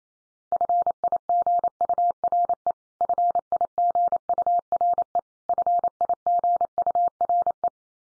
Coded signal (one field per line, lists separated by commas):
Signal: Morse code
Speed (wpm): 28 wpm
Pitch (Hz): 700 Hz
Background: none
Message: FIGURE FIGURE FIGURE